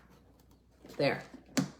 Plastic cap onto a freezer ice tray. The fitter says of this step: snap there we go so we hear it snap now it's liquid tight